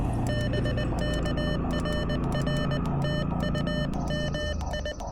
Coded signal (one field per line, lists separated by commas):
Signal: Morse code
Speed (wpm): 20 wpm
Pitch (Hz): 1800 Hz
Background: none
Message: BK RR TU MI